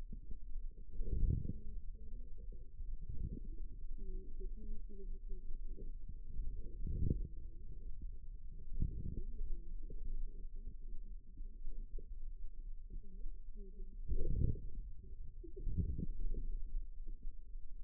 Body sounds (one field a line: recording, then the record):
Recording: forearm muscle sounds (acoustic myography)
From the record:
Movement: wrist flexion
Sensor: system 2, bracelet of six BSWA MPA416 microphones around the upper forearm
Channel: 4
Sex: female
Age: 25 years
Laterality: right